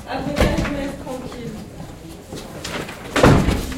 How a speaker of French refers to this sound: Aujourd'hui, 3e épisode, on pousse une porte.